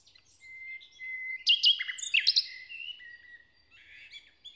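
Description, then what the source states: Common nightingale: songbird phrase opening with a long level whistle, then sharp clicks and buzzy notes and a few softer trailing sounds. Inside a forest near Hoscheid, Luxembourg, early on a summer morning after a wet night as the sun rises; the nightingale performs a kind of morning song.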